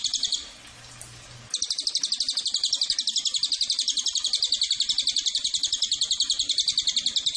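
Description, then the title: Cililin singing a rapid, steady trill of high buzzy notes; it breaks off briefly, then resumes and carries on unbroken. Master recording of its song for tutoring caged birds, also usable as a lure. "MASTERAN AMPUH SUARA BURUNG CILILIN BISA JUGA PANCINGAN CILILIN"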